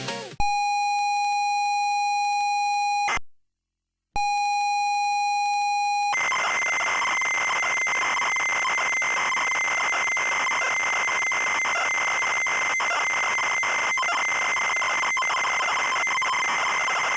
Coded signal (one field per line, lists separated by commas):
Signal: ZX Spectrum tape loading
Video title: ZX Spectrum Loading Screen (AI 4)